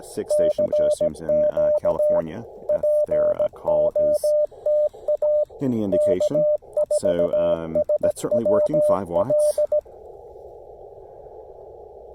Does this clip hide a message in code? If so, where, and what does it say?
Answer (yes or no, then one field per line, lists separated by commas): yes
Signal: Morse code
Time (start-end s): 0.3-9.8 s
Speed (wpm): 17 wpm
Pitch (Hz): 600 Hz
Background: speech, radio noise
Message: CQ POTA K4SWL